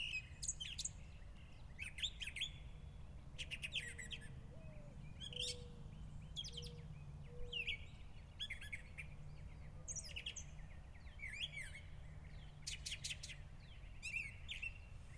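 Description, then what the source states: Mockingbird song: a long string of varied, abrupt chirped phrases in quick succession, with faint low whistled notes and a steady background rumble. Recorded in the evening.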